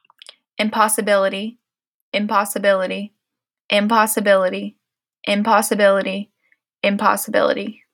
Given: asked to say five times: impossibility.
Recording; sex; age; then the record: repeated word; female; 20 to 29 years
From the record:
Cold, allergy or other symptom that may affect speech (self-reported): no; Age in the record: 22 years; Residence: Pennsylvania, United States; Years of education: 16